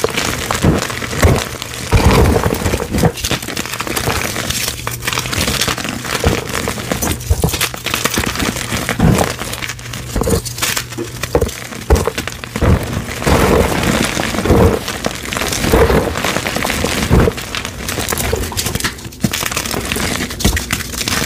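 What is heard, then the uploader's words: Brittle dyed chalk blocks are crushed into powder in a dense, unbroken run of crunching and crumbling. Sharp snaps and cracks pop up every second or so over a gritty, grinding bed, with a faint low hum running steadily underneath throughout. ASMR crushing 24+ blocks of colorful crispy dyed chalk into fine powder.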